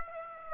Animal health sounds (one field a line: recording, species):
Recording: mosquito wingbeat signal from an infrared sensor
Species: Aedes aegypti